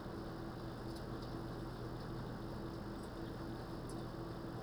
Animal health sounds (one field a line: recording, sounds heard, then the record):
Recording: poultry house recording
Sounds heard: no chicken sound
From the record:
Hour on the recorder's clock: 21